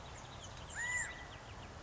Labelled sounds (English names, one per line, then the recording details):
California Quail
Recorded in Sonoma County, California